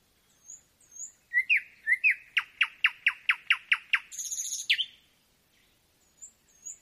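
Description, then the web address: Nightingale giving soft high whistles, then a steady series of loud sharp notes, a buzzy rattle and a closing flourish. Nightingale singing at night, a nocturnal performance. "spiew ptakow nocny wystep slowika"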